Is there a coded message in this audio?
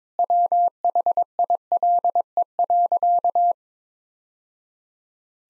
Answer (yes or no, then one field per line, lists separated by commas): yes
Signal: Morse code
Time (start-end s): 0.2-3.5 s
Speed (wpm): 22 wpm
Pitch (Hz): 700 Hz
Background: none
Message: WHILE.